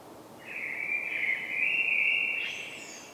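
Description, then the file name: Common blackbird: a sustained, rich fluty whistle lasting about two seconds, finishing with a thin, higher-pitched twitter. "Turdus merula"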